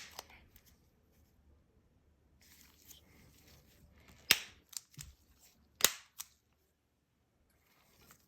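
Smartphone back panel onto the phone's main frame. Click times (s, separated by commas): 4.3 s, 5.9 s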